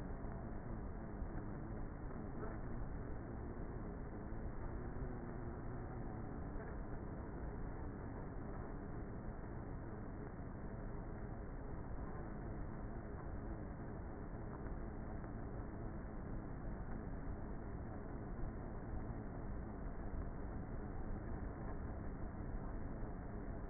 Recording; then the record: honeybee colony, microphone inside the hive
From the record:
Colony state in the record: queenless with a low population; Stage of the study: before two queens were removed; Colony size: about 30,000 bees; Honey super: no